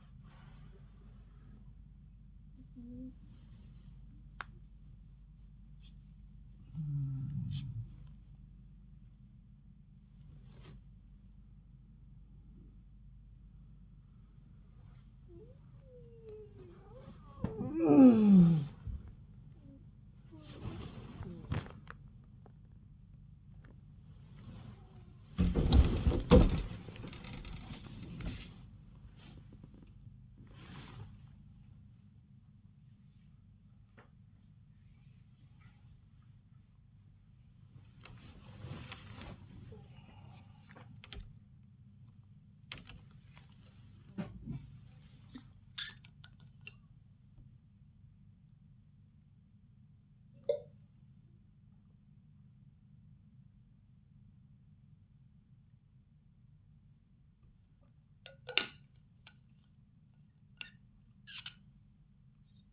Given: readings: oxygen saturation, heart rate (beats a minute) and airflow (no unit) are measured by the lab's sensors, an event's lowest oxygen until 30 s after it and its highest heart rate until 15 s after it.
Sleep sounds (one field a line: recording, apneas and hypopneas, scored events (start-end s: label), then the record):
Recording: a person awake in a sleep study, by a smartphone at the bedside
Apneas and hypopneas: none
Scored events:
10.00-62.73 s: new sleep stage, awake
19.00-62.73 s: awake
From the record:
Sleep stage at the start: N2 (light sleep)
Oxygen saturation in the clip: 91 to 98%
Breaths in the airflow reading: 13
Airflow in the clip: -12.9 to 10.2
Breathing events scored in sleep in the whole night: 270 in 6.1 hours asleep